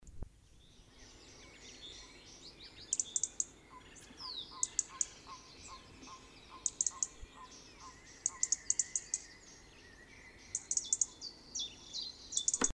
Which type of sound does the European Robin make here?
call